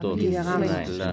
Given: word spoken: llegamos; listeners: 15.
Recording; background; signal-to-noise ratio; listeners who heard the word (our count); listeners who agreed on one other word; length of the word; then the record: one Spanish word in noise, from a listening test; four-talker babble; -2.2 dB; 2 of 15; 6 of 15; 0.72 s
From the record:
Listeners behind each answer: 6, 2, 2, 1, 1, 1, 1, 1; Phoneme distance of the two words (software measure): 20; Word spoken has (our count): 3 syllables, 7 phonemes, stress on syllable 2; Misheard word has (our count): 3 syllables, 7 phonemes, stress on syllable 2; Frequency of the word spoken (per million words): 20.60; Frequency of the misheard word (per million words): 17.02